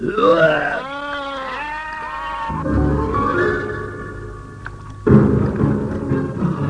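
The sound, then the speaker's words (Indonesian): A goat bleats in a few wavering, quavering cries, followed by a low, heavy rumbling that surges loudly again near the end. “Oh, kerahkan tenagamu, kambingku yang sakti.”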